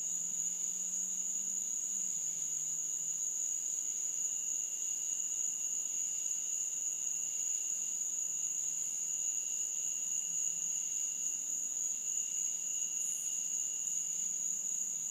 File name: Cicada Insects 8 25 13 9 55 PM